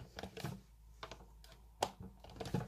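The arm of a plastic ball-jointed Smart Doll (Gaia, Cortex) is pushed by hand into its shoulder socket, giving a run of short, soft scraping and tapping sounds as it slides in. No click is heard and the arm has not clicked into the shoulder; nothing is holding it in.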